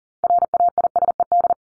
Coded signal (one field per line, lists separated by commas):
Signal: Morse code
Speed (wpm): 40 wpm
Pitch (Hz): 700 Hz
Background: none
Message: RAISED